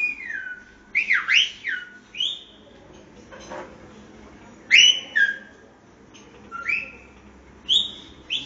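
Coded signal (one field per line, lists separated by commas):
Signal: whistled language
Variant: Silbo Gomero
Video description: In this restaurant situated in Agulo, you can se a demonstartion of the Old Whistling Language of La Gomera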